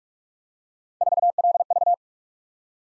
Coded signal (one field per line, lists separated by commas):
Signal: Morse code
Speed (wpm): 44 wpm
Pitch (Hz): 700 Hz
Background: none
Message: 4LV